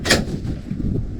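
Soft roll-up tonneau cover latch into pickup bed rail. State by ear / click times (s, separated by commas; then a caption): seated / 0.1 s. On a 2023 Chevrolet Colorado ZR2 Desert Boss, the side rail of a rolled-up soft roll-up tonneau cover is pushed back into place on the pickup bed, and its latch snaps down onto the bed rail with one sharp, loud click at 0.1 s. A low, uneven rumble follows for the rest of the clip. The latch is seated and the cover is secure.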